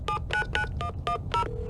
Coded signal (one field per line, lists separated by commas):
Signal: DTMF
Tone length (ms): 100 ms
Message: 799110